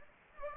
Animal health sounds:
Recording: mosquito wingbeat signal from an infrared sensor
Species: Anopheles gambiae

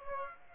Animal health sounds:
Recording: mosquito wingbeat signal from an infrared sensor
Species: Aedes aegypti

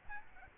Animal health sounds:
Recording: mosquito wingbeat signal from an infrared sensor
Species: Aedes albopictus

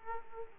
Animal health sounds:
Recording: mosquito wingbeat signal from an infrared sensor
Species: Aedes aegypti

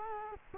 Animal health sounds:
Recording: mosquito wingbeat signal from an infrared sensor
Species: Culex quinquefasciatus

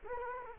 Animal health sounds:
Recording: mosquito wingbeat signal from an infrared sensor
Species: Culex quinquefasciatus

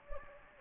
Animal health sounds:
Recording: mosquito wingbeat signal from an infrared sensor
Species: Anopheles gambiae

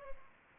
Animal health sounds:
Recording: mosquito wingbeat signal from an infrared sensor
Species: Culex pipiens

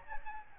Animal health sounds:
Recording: mosquito wingbeat signal from an infrared sensor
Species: Aedes albopictus

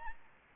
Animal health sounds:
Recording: mosquito wingbeat signal from an infrared sensor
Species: Aedes albopictus

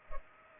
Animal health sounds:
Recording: mosquito wingbeat signal from an infrared sensor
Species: Culex pipiens

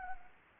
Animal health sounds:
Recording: mosquito wingbeat signal from an infrared sensor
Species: Anopheles arabiensis

